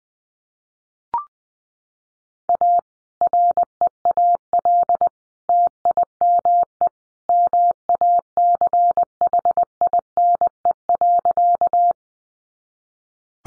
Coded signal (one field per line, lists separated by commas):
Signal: Morse code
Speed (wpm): 20 wpm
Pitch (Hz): 700 Hz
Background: none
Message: A REAL TIME MACHINE.